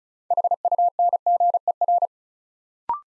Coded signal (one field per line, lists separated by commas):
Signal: Morse code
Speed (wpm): 36 wpm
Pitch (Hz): 700 Hz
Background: none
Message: HUNGER